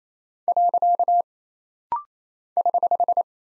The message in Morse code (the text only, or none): . <HH>